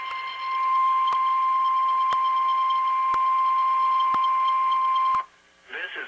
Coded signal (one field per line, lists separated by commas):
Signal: Emergency Alert System (SAME) tones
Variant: 1050 Hz attention tone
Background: speech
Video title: EAS Mock | Required Weekly Test (Blue Screen)